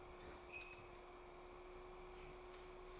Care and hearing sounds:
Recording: daily activity, microphone in the room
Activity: open fridge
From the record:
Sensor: 1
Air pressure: 1004.6 hPa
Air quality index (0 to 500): 194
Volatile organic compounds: 17 ppm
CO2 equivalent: 2566 ppm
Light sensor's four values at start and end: 4/11/4/4 and 4/10/4/4

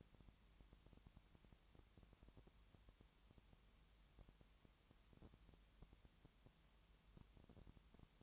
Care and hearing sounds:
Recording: daily activity, microphone in the room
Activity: no activity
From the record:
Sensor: 3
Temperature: 20.6 degrees Celsius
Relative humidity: 34.7%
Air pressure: 1007.2 hPa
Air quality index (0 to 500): 137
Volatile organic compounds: 3 ppm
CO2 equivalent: 1525 ppm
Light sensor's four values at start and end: 2/3/2/2 and 2/3/2/2

